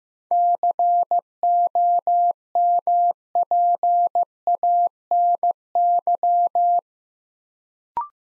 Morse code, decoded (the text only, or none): COMPANY